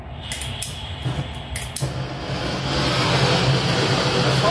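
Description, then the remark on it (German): A broad, steady roaring hiss of a soldering blowtorch (Lötlampe) flame, the kind used to light a grill, builds after a few clicks and scrapes as it is fired up, then holds loud and constant with a low rumble beneath it. “Ja, das Ding heißt Lötlampe. Bunsenbrenner.”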